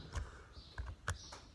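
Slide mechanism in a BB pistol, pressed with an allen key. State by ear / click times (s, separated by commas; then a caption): seated / 0.8 s, 1.1 s. An allen key presses back on the stuck, locked-back slide mechanism of a Sig P36 BB pistol until the stuck part frees. Two sharp clicks sound at 0.8 s and 1.1 s, with fainter taps at 0.9 s and 1.6 s. The slide mechanism clicks back into place.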